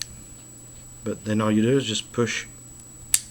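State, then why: Seated. During reassembly of a Bernardelli Gardone pistol, someone talks while an internal part with a locking button is pushed by hand into the pistol frame. A sharp click at 3.1 s marks the part locking into place as the button pops back in.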